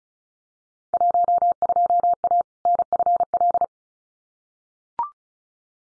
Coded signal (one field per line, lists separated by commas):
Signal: Morse code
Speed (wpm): 36 wpm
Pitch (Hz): 700 Hz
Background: none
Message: 12A NFL